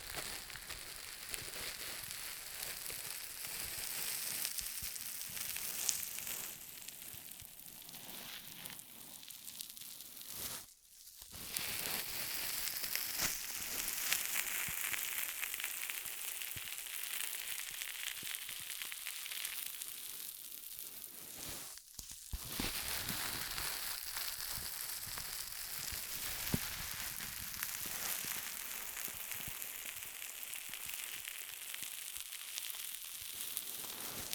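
ASMR ear massage sounds: a dense, steady rustling and crackling, bright and hissy, like hands rubbing and crinkling against a microphone. The texture barely changes, apart from two brief silent gaps near 11 and 22 seconds before the rubbing resumes.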